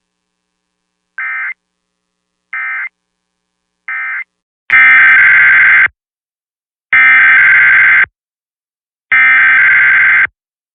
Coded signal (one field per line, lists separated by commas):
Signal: Emergency Alert System (SAME) tones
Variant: header bursts